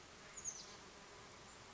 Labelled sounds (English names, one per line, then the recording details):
Oak Titmouse
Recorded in Sonoma County, California